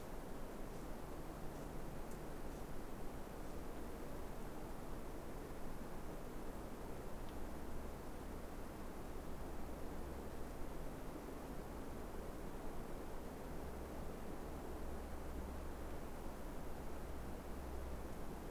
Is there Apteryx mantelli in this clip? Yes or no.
no